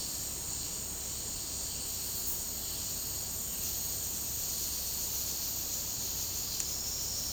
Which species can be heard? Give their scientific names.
none